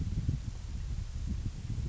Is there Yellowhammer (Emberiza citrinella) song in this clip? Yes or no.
no